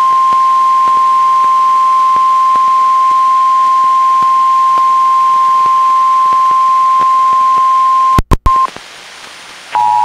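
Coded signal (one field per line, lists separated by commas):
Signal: Emergency Alert System (SAME) tones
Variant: 853 and 960 Hz attention tone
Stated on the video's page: Child Abduction Emergency (AMBER Alert) relayed by NOAA Weather Radio station WXM62 Olympia, recorded from a Reecom R-1630 weather radio to a Zoom H1 recorder.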